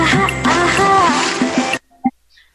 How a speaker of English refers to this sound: Did you hear that splash? There was a diving in and splashing. That noise indicated the girlfriend dumping.